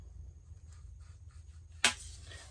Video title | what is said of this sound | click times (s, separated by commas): M5 Driver Blackout Build with Vanquish Shaft | if you hear a pop that means you've got a really good seal which is exactly what we want | 1.8 s